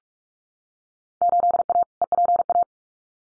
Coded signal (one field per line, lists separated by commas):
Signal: Morse code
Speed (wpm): 44 wpm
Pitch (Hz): 700 Hz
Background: none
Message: 8A EPA